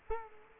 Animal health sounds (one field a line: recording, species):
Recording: mosquito wingbeat signal from an infrared sensor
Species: Culex quinquefasciatus